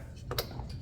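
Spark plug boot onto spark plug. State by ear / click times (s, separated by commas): seated / 0.3 s, 0.4 s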